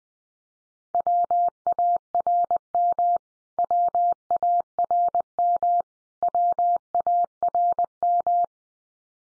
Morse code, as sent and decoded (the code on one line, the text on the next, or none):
.-- .- .-. -- / .-- .- .-. -- / .-- .- .-. --
WARM WARM WARM